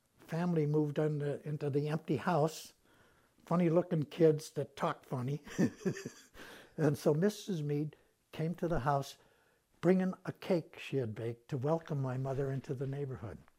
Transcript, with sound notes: family moved into the empty house. Funny looking kids that talk funny. [Laughs] And so Mrs. Meade came to the house bringing a cake she had baked to welcome my mother into the neighborhood.